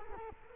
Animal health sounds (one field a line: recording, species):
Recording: mosquito wingbeat signal from an infrared sensor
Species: Culex quinquefasciatus